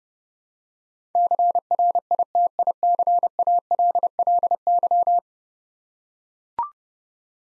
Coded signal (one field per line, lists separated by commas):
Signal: Morse code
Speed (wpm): 28 wpm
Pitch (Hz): 700 Hz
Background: none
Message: CRITICALLY